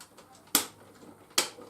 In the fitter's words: then just push it till you hear it click.